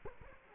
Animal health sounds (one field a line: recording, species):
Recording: mosquito wingbeat signal from an infrared sensor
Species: Culex quinquefasciatus